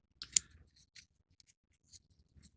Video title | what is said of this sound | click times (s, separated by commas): Special Edition Vintage Revell/Monogram R.M.S. Titanic 1/570 Scale Model Kit with Extras (1998) | and i'm guessing it locks to put yep | 0.4 s